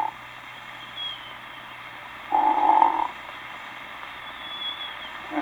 Snores. The non-lubricated or frictional variety.